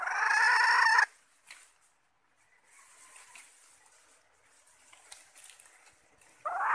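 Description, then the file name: Red junglefowl hen giving one loud, harsh drawn note, followed by several seconds of faint scattered sounds before another call begins. Hen calling to find a mate. "tieng ga rung mai keu tim kiem ban tinh"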